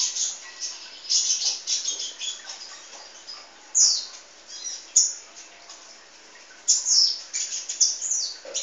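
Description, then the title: Oriental magpie-robin singing bursts of high, sweet whistles and scratchy twitters, with short gaps between loud phrases. "Kicau Kacer"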